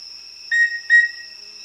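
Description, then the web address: Rufous-breasted antthrush, two short whistled notes less than half a second apart, set against steady high-pitched insect-like tones. South America. "Natures Songs S America Rufous-Breasted Antthrush"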